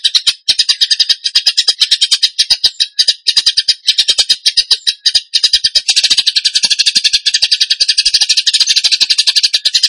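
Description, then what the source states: Bird pouring out a dense, buzzy, high chatter of very rapid notes, continuous for ten seconds with only tiny breaks. Song in the 'tembakan gacor' style, used to train cage birds.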